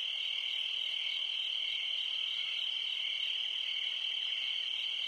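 Crickets in a bright, continuous, slightly wavering high trill.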